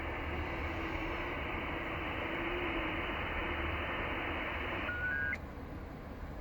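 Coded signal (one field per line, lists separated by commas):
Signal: FT8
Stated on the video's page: FT8 on 20m from Nauru, Pacific Ocean, worked with IC-7600, SPE Expert 1.3K-FA amplifier and hex beam antenna.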